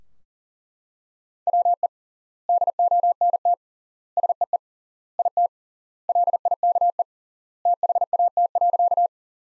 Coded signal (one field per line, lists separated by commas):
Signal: Morse code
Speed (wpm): 39 wpm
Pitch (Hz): 700 Hz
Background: none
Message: WE DONT SEE IT LIKE THAT.